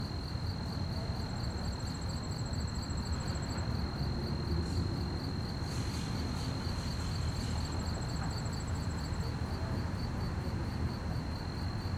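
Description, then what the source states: Cricket chorus of rapid even pulses throughout, a higher thin trill coming in two stretches, a brief noisy burst midway and a constant low wind-like rumble. Fast-chirping crickets at night on a quiet street, with distant activity and slight wind; stereo.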